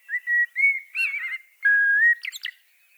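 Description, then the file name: Common blackbird singing mellow flute-like whistles that hold steady, then break into a scratchy high flourish at the end. "Turdus merula"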